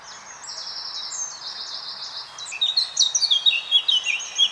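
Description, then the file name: Eurasian blackcap song: quiet level warbling notes at first, then a louder burst of rapid, sharp flutey notes in the second half. "Sylvia atricapilla"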